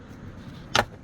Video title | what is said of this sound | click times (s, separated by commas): How To Remove 2022-2024 KIA EV6 Rear View Mirror. | And this guy pops in | 0.8 s